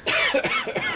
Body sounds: coughing mixed with background sound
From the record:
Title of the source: Dry Afternoon Cough

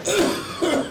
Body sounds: coughing mixed with background sound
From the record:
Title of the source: Residual Phlegmy Morning Coughing and Gagging

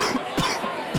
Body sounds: coughing mixed with background sound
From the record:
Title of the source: Coughing 46

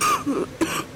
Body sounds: coughing mixed with background sound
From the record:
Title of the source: 31 night wet cough

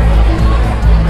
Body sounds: background sound without coughing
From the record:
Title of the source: Party Noise 1 Hour Party Ambience

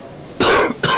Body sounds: coughing mixed with background sound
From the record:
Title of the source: Coughing 60

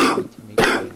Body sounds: coughing mixed with background sound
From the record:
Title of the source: Coughing 77

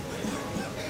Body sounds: coughing mixed with background sound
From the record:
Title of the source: Spring Cold Coughing.

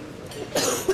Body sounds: coughing mixed with background sound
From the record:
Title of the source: 34 coughing up crap again

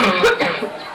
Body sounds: coughing mixed with background sound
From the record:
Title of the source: Barking cough - # 10

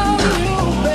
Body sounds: coughing mixed with background sound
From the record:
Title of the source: female coughing - coughing sound effects girl

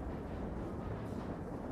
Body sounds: background sound without coughing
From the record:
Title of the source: Train Ride Ambience ambient white noise for sleeping, focus, studying, reading

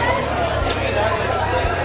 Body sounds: background sound without coughing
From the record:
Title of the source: CITY SOUNDS Busy Bar in the Evening Night - 2 HOURS of Ambiance for Relaxation

